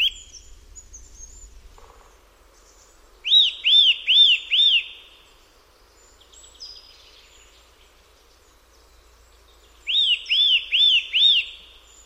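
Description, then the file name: Eurasian nuthatch song: two bursts of four loud, arched whistled notes, repeated after a pause of several seconds, with faint chirps of other birds between. "KOWALIK"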